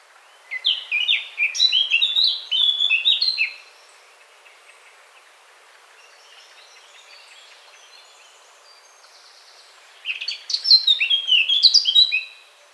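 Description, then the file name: Eurasian blackcap song, a lively three-second warbling phrase, then soft, subdued chatter, then another rich, fast phrase of varied high notes. "Sylvia atricapilla"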